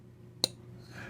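A Poikilo Oraca folding knife blade is closed into its handle right next to the microphone to hear the detent. Over a quiet background, the detent ball snaps into its closed position with a single sharp, bright click at 0.4 s. The blade is seated closed.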